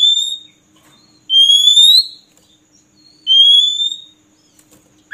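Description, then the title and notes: Oriental magpie-robin song: clear rising whistled notes given about every two seconds, separated by silent gaps. Long-duration filler song (isian) for training captive magpie-robins to sing vigorously day and night. "Kacer Jadi Gacor Siang Malam. Isian Kacer Durasi Panjang"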